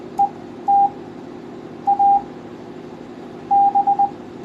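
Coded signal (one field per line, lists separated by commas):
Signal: Morse code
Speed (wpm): 20 wpm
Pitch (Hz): 800 Hz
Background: none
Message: E T A B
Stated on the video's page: Morse sent on a homemade DIY spoon keyer.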